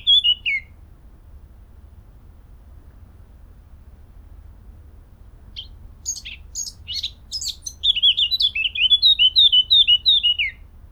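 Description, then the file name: Eurasian blackcap singing: one short whistled note, a long pause, then high scratchy chatter leading into a bright series of descending flute-like phrases. "Sylvia atricapilla"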